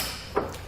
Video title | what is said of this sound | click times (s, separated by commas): etrailer - Installation Guide for the Blue Ox Base Plate Kit on a 2017 Jeep Cherokee | and you'll hear it lock into place. | 0.4 s